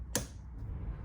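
A hose quick-connect fitting, taken off the old intake, is pushed onto a port on a car's new cold air intake tube. It snaps on with a sharp click at 0.2 s, then only low background rumble follows. The fitting is seated and clamped down.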